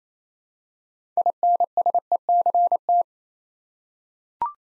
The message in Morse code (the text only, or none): INSECT